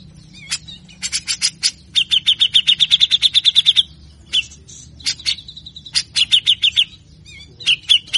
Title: MASTERAN CUCAK JENGGOT GACOR FULL BESETAN KASAR